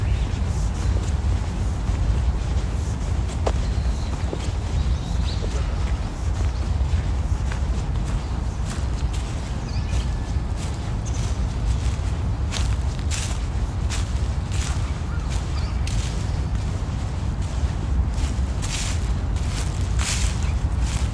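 A steady rush of flowing water fills the park scene, dense and deep throughout, like a stream or small waterfall. From about halfway on, crisp dry crunches come in repeated bursts, like footsteps through fallen leaves.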